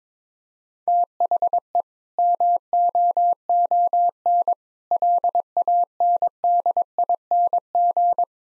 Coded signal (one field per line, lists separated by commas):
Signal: Morse code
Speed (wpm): 22 wpm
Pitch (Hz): 700 Hz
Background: none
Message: THE MOON LANDING